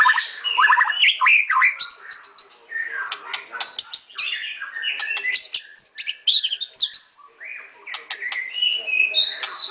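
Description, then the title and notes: White-rumped shama song: rapid, varied chattering and whistled notes with sharp clicks, a dense medley without long pauses. Training song (masteran). "Murai Batu Album 01. Masteran Murai Batu"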